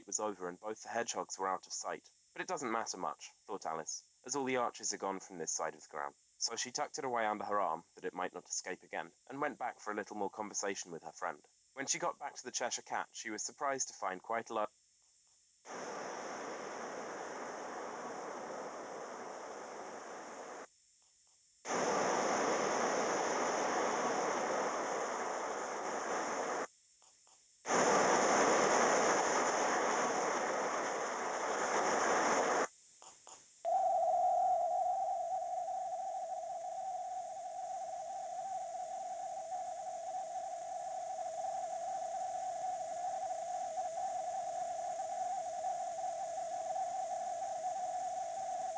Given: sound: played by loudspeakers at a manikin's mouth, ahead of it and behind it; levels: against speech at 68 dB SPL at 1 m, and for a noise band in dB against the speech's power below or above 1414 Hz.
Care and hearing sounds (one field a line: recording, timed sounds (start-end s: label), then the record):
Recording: test signals for a remote microphone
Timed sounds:
0.00-14.65 s: man speaking
15.65-20.65 s: speech-spectrum noise, -10 dB
21.65-26.65 s: speech-spectrum noise, 0 dB
27.65-32.65 s: speech-spectrum noise, +10 dB
33.65-48.78 s: noise band at 707 Hz, as loud as that band is in speech
From the record:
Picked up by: remote microphone D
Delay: 24 ms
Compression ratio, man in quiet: 1.31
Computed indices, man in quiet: SII 0.994, HASPI 0.998, HASQI 0.363 (non-linear 0.417, linear 0.872), ESTOI 0.824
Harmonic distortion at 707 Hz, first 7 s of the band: under -32 dB